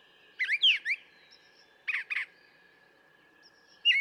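Brown thrasher song: a jumble of slurred notes, a pair of rough notes, then another phrase starting at the end.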